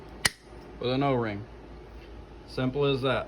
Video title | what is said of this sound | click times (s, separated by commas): CBR 600 Lower Engine Assembly | pops right in that hole | 0.3 s